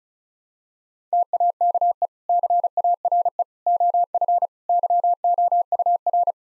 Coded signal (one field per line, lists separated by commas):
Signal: Morse code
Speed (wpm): 36 wpm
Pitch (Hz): 700 Hz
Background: none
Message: TAKE CARE OF YOUR